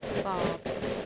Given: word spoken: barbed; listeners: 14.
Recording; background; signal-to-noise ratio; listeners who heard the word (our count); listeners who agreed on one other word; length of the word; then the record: one English word in noise, from a listening test; noise modulated by three-talker babble; -3.7 dB; 1 of 14; 8 of 14; 0.66 s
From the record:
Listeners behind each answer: 8, 1, 1, 1, 1, 1, 1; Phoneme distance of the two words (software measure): 24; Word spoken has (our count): 1 syllable, 4 phonemes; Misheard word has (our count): 1 syllable, 2 phonemes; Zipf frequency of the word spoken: 3.25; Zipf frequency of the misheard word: 5.61